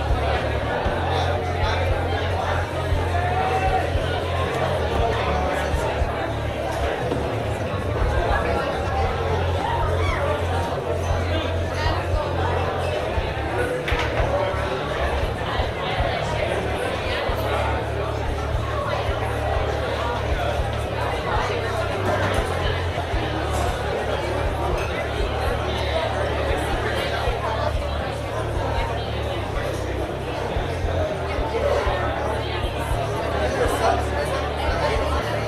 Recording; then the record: background sound without coughing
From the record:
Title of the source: CITY SOUNDS Busy Bar in the Evening Night - 2 HOURS of Ambiance for Relaxation